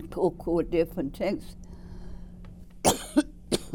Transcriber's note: coughs